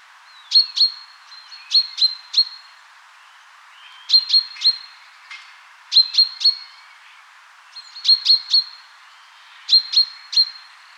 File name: Fringilla coelebs